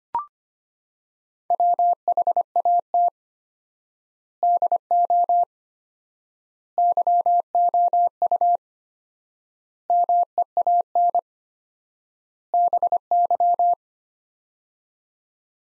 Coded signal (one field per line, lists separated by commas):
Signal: Morse code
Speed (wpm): 25 wpm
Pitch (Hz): 700 Hz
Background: none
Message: WHAT DO YOU MEAN BY